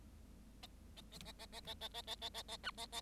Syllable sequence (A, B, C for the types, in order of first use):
A A A A A A A A A A A A A B A A